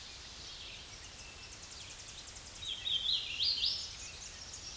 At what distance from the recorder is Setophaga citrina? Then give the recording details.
about 40 m. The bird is about 15 m above the microphone. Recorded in a Pennsylvania forest on 16 May 2024 at 07:42. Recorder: AudioMoth, point MSD-2107. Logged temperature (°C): 16.1 °C. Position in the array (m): 3 m, 142 m